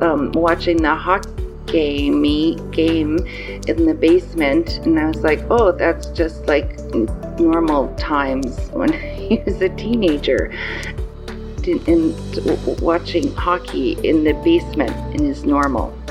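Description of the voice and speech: A 54-year-old woman, about a week after a stroke, talks in mostly fluent, well-voiced phrases but stumbles on a word with a false start and restart, pauses mid-sentence and ends on an incomplete, oddly formed phrase. These fit mild aphasia after the stroke, with word-finding trouble. A faint steady hum runs underneath.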